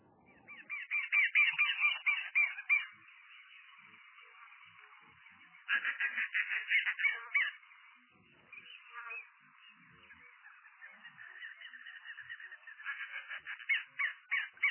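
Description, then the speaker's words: Southern lapwing calling: strident, rapidly repeated harsh notes in loud bursts of a second or two, separated by quieter stretches. Described as one of the easiest calls to recognise. "ahora estamos escuchando el tero común, para empezar, que es uno de los más fáciles, con un sonido del caracolero también, el gavilán caracolero."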